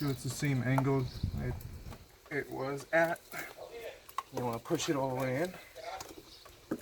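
Someone talks while a replacement ignition coil on an E60/E63 M5/M6 engine is handled and pushed down toward the spark plug, with a few faint, brief handling knocks around 4.1 s, 6.0 s and 6.7 s. The coil has not yet been pushed all the way in, so nothing has seated or popped into place by the end of the clip.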